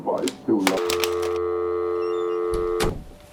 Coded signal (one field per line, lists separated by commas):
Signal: telephone call progress tone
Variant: North America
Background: speech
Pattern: dial tone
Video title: Dial Tone (Short Film)